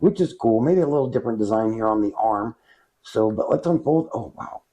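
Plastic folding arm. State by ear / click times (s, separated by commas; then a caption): not seated / none. A plastic folding arm on a Holy Stone HS720R GPS camera drone is being handled as it is about to be unfolded into its locked open position on the drone body. Someone talks throughout, with only a short pause near 2.8 s. The arm has not locked or clicked into place yet.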